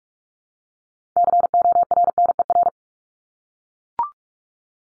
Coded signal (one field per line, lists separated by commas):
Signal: Morse code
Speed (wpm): 44 wpm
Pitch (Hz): 700 Hz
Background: none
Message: CORNER